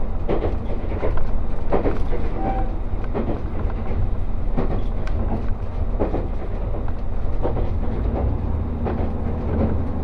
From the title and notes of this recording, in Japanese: 五能線 深浦→岩館 リゾートしらかみ4号。深浦を出ると再び日本海を高い位置から眺めながら走っていきます。